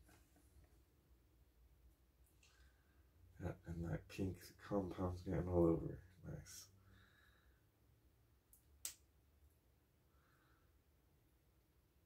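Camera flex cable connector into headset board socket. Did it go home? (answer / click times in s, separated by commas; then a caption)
yes / 8.9 s. Someone talks while pressing the camera's flex ribbon cable connector onto its board socket inside an Oculus Quest 2 VR headset. A faint tick at 8.5 s is followed by a sharp click at 8.9 s as the connector seats in place.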